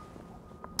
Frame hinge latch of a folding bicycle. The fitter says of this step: Knopf drücken und dann löst man quasi diesen scharniermechanismus aus und und löst das ganze